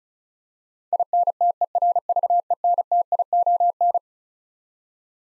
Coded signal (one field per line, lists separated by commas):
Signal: Morse code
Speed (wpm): 36 wpm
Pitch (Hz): 700 Hz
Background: none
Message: INTERVENTION